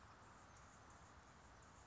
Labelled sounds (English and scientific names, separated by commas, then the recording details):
Anna's Hummingbird (Calypte anna)
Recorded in Sonoma County, California